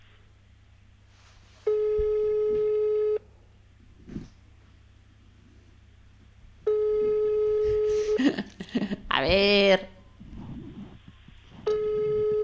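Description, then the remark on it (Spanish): An outgoing phone call rings unanswered: three long, steady ringback tones repeat with gaps of a few seconds between them, and a brief voice speaks in one of the pauses. “A ver, tenéis que tener el teléfono a mano porque pasa una urgencia, como que os llamen desde su helicóptero y no lo cogéis.”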